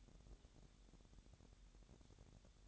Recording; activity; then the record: daily activity, microphone in the room; take from stove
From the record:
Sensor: 3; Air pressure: 1012.1 hPa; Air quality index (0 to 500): 197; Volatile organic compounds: 3 ppm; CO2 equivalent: 1476 ppm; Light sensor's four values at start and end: 121/286/118/107 and 121/286/118/107